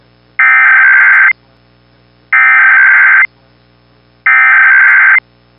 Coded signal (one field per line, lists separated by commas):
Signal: Emergency Alert System (SAME) tones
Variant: header bursts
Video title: NATIONAL EAS TEST 2023... || EAS Alerts from October 2023 (EAS #2,185-2,215)